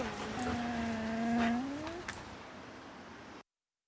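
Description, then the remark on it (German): A dog lets out one long, drawn-out whimper, a steady nasal whine that rises in pitch at the end before trailing off into quiet background noise. “Halt die Schnauze, Köter!”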